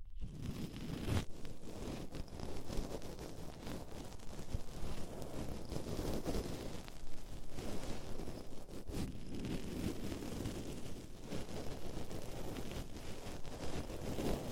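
Ear cleaning ASMR, with dense, muffled rustling and rubbing that stays strong in the low end throughout. Brief scratchy bursts and pops come every second or two, with sharper ones near 1, 9 and 11 seconds, over a constant soft thudding rumble.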